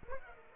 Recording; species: mosquito wingbeat signal from an infrared sensor; Aedes aegypti